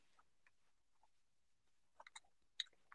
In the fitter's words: and they snap in